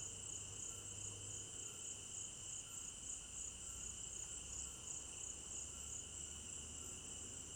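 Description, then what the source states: Cricket chorus, continuous high-pitched trilling layered with a lower steady ringing tone, with a soft low hum and faint background noise. Crickets at night in an African village garden; stereo binaural recording.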